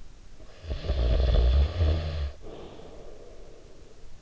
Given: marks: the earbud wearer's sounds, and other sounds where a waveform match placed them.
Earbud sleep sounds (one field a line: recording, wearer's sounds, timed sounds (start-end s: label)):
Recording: sounds in sleep by an in-ear microphone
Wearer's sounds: snoring breath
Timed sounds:
0.11-4.17 s: snoring breath